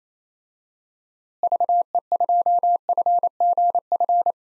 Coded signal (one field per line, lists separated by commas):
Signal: Morse code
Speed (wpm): 27 wpm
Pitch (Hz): 700 Hz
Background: none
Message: VE2FGF